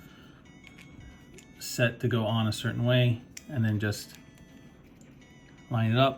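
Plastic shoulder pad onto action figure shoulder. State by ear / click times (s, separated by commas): not seated / none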